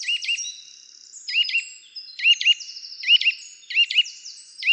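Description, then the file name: Eurasian nuthatch calls, doubled sharp notes repeated roughly every second, layered over continuous high thin chirping. "Sitta europaea"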